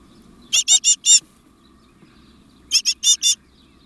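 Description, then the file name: Great tit gives two rasping bursts of four buzzy notes about two seconds apart, against a faint low background hum. "Parus major"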